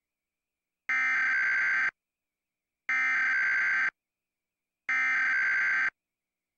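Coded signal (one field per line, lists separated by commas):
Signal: Emergency Alert System (SAME) tones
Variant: header bursts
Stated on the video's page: Fictional EAS weekly test with simulated SAME tones.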